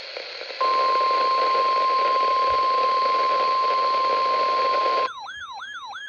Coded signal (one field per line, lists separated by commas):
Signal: Emergency Alert System (SAME) tones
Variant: 1050 Hz attention tone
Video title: EAS Alerts From 7/15/25: A Compilation (EAS 928-938)